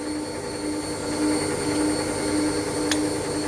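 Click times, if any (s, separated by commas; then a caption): 2.9 s. A handle assembly from a 552 Series 1 fix kit is lined up with the long slot of an adjustable dumbbell disc stack and rotated. A single sharp click at 2.9 s marks it seating into place, over a steady, high-pitched whining hum. The assembly is seated.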